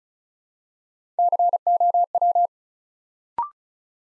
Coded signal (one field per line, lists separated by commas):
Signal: Morse code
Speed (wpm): 36 wpm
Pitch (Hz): 700 Hz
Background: none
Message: COW